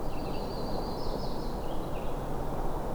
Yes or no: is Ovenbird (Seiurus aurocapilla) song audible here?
no